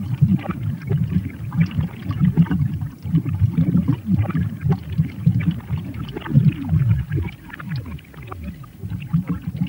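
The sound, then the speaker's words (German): Water boiling at a steady roll, a dense, continuous churn of low bubbling and gurgling pops that swells and dips without pause, with no voices. “Das Wasser kocht.”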